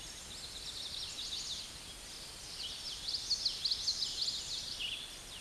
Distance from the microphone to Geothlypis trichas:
about 25 m